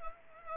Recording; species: mosquito wingbeat signal from an infrared sensor; Culex pipiens